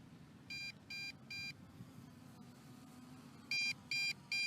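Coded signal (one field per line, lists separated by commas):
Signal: beep code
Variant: Bugs B2C quadcopter transmitter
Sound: three quick high beeps, a pause, then three louder beeps repeating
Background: low background hum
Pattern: 3 short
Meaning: First stage of low-voltage warning; the drone can still fly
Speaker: And that 3 beep, constant beep, is telling me that I am in that initial stage of LVC.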